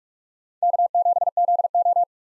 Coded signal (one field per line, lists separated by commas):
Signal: Morse code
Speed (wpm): 47 wpm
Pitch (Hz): 700 Hz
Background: none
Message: K7ZO